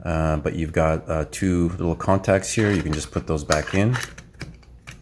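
A removable battery pack with two little contacts is handled as it goes back into the side battery compartment of a surveying total station. Someone talks through most of the clip, and a few small clicks and knocks follow near the end. Nothing has seated or clicked into place yet.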